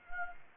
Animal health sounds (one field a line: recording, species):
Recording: mosquito wingbeat signal from an infrared sensor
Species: Anopheles arabiensis